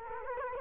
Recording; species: mosquito wingbeat signal from an infrared sensor; Culex quinquefasciatus